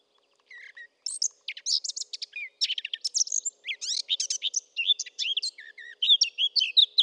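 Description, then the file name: Eurasian blackcap singing a fast, scratchy warble of chattering notes and brief whistles after a short quiet start. "Sylvia atricapilla"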